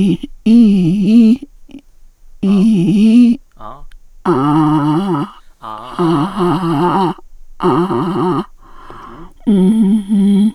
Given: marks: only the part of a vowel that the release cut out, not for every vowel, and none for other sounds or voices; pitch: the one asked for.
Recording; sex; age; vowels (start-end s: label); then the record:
sustained vowels; female; 50 to 59 years
0.53-1.27 s: vowel /i/, low-high-low pitch
4.32-5.18 s: vowel /a/, low-high-low pitch
9.52-10.39 s: vowel /u/, low-high-low pitch
From the record:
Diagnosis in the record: hypernasality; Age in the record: 55 years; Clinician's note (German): Ausgeprägt, mit Gaumensegelparese links, Synechie vordere Kommissur, subglottische Stenose